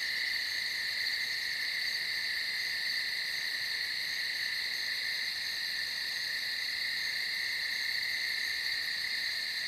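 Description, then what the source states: Steady chorus of crickets, a high, even trill with two bright tones running nonstop from start to end, soft hiss underneath. Crickets recorded at night on a field.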